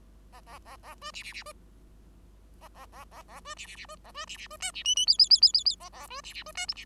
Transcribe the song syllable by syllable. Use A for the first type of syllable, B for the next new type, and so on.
A A A A B C C C B A A A A A B C C C B A B C C B D C E E F F F F F F A A B C C B D G C